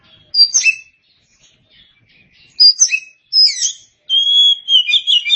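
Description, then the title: Oriental magpie-robin singing varied phrases: sharp high whistles with scratchy flourishes, then a fast series of sweet, warbled notes. Oriental magpie-robin (kacer) song. "Suara Kicauan Burung Kacer"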